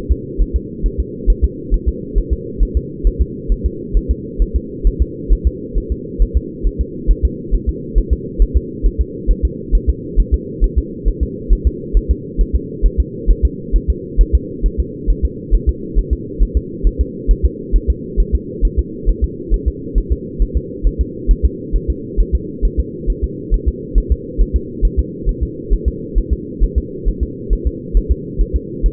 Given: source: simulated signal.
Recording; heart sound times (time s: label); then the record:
fetal heart sounds
0.11 s: S2
0.41 s: S1
0.56 s: S2
0.86 s: S1
1.00 s: S2
1.30 s: S1
1.44 s: S2
1.74 s: S1
1.88 s: S2
2.18 s: S1
2.33 s: S2
2.63 s: S1
2.77 s: S2
3.07 s: S1
3.21 s: S2
3.52 s: S1
3.66 s: S2
3.97 s: S1
4.11 s: S2
4.42 s: S1
4.56 s: S2
4.87 s: S1
5.02 s: S2
5.33 s: S1
5.47 s: S2
5.78 s: S1
5.92 s: S2
6.22 s: S1
6.37 s: S2
6.67 s: S1
6.81 s: S2
7.11 s: S1
7.25 s: S2
7.54 s: S1
7.69 s: S2
7.98 s: S1
8.13 s: S2
8.42 s: S1
8.57 s: S2
8.86 s: S1
9.01 s: S2
9.31 s: S1
9.45 s: S2
9.75 s: S1
9.89 s: S2
10.20 s: S1
10.34 s: S2
10.64 s: S1
10.78 s: S2
11.08 s: S1
11.23 s: S2
11.53 s: S1
11.67 s: S2
11.97 s: S1
12.11 s: S2
12.41 s: S1
12.55 s: S2
12.86 s: S1
13.00 s: S2
13.31 s: S1
13.45 s: S2
13.76 s: S1
13.90 s: S2
14.21 s: S1
14.35 s: S2
14.66 s: S1
14.80 s: S2
15.10 s: S1
15.25 s: S2
15.55 s: S1
15.69 s: S2
15.99 s: S1
16.13 s: S2
16.43 s: S1
16.57 s: S2
16.87 s: S1
17.01 s: S2
17.31 s: S1
17.45 s: S2
17.76 s: S1
17.90 s: S2
18.20 s: S1
18.35 s: S2
18.65 s: S1
18.79 s: S2
19.09 s: S1
19.24 s: S2
19.54 s: S1
19.68 s: S2
19.98 s: S1
20.12 s: S2
20.42 s: S1
20.57 s: S2
20.87 s: S1
21.01 s: S2
21.31 s: S1
21.45 s: S2
21.76 s: S1
21.90 s: S2
22.20 s: S1
22.35 s: S2
22.65 s: S1
22.79 s: S2
23.10 s: S1
23.24 s: S2
23.54 s: S1
23.68 s: S2
23.98 s: S1
24.12 s: S2
24.41 s: S1
24.56 s: S2
24.85 s: S1
24.99 s: S2
25.29 s: S1
25.43 s: S2
25.73 s: S1
25.88 s: S2
26.18 s: S1
26.33 s: S2
26.63 s: S1
26.78 s: S2
27.08 s: S1
27.23 s: S2
27.53 s: S1
27.67 s: S2
27.97 s: S1
28.11 s: S2
28.41 s: S1
28.56 s: S2
28.86 s: S1
From the record:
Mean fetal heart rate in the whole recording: 135 bpm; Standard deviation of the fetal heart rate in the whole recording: 3 bpm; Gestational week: 36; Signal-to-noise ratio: -4.1 dB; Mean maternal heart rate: no maternal heart sound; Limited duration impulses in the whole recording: absent